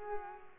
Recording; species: mosquito wingbeat signal from an infrared sensor; Culex pipiens